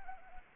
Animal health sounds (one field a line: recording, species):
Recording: mosquito wingbeat signal from an infrared sensor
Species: Anopheles arabiensis